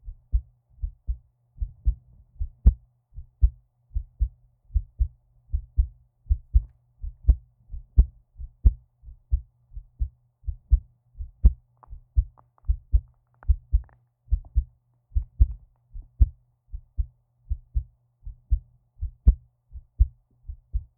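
An adult woman's heartbeat, heard as if lying in her arms against her chest: steady low thumps in lub-dub pairs, evenly spaced at roughly 70 beats a minute, with a regular rhythm.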